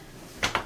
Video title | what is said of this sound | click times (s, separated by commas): ✨ LG WASHER -OE ERROR — NO DRAIN - SIMPLE FIX ✨ | lugs at the bottom and at the top we'll push it in until it clicks I'll | 0.6 s